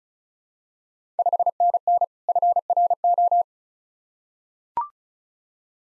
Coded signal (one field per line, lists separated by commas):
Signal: Morse code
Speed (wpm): 36 wpm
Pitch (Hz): 700 Hz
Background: none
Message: 5NN FRO